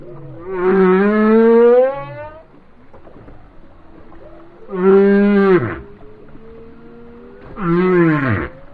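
Whale song with three loud harmonic cries, the later two dropping sharply at the end, separated by quieter steady tones.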